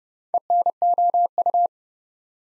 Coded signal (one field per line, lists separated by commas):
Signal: Morse code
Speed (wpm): 30 wpm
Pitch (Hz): 700 Hz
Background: none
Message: ENOU